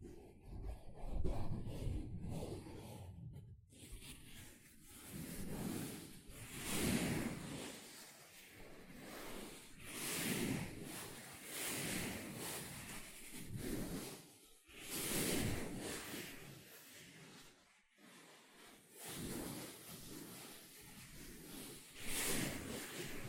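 A sponge is scrubbed and squished in repeated strokes, each a rough, hissing swell lasting a second or two with a soft low rub beneath. The strokes come fairly regularly, with brief pauses near 4, 8, 14 and 18 seconds.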